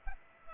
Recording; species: mosquito wingbeat signal from an infrared sensor; Culex pipiens